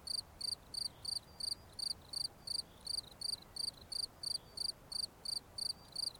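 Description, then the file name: Cricket chirps, bright high pulsed bursts about three per second in an even rhythm. "Grillons"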